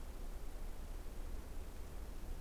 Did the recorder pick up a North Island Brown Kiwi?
no